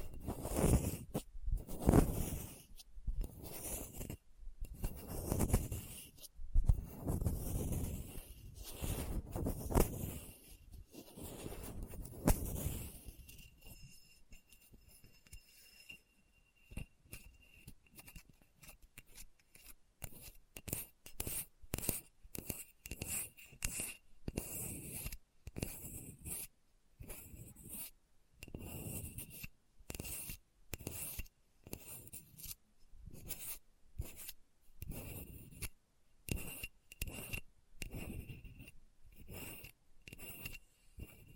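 Scratching across a hard, bumpy surface, in rapid uneven strokes. For the first thirteen seconds the strokes are loud, rough and full-bodied. After that they turn thinner and quieter, coming as quick ticking scrapes. A faint high whine runs steadily beneath them.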